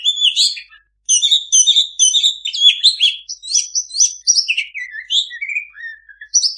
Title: mster Mnuk. Suara Masteran Kacer Gacor. Yang Punya Kacer Bisu Wajib Masuk